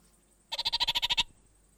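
Orange-fronted parakeet uttering a single fast, even run of about ten harsh, clipped chattering notes.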